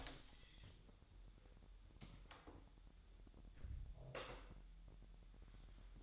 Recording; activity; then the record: daily activity, microphone in the room; close door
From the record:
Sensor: 3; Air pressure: 1001.2 hPa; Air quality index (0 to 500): 248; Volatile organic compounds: 173 ppm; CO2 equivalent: 4118 ppm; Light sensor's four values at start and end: 12/28/12/11 and 12/28/12/11